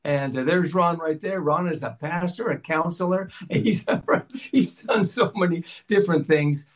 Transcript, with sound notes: And there's Ron right there. Ron is a pastor, a counselor. He's done r- (laughs) he's done so many different things.